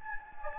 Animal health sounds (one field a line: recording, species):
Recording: mosquito wingbeat signal from an infrared sensor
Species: Anopheles gambiae